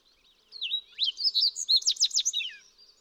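Fox sparrow song of clear whistled slurs followed by a quick, ringing sequence of notes and a trailing downward tail.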